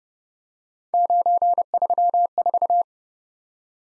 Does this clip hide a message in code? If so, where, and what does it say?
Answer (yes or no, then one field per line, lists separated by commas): yes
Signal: Morse code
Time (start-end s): 0.9-2.8 s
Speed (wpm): 30 wpm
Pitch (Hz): 700 Hz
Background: none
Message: 934